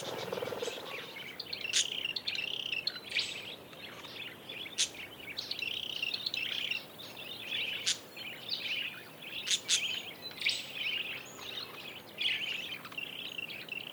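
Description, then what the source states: Continuous budgerigar chatter, dense scratchy chirps and warbles with sharp clicks every second or two throughout. Several budgerigars, described as happy.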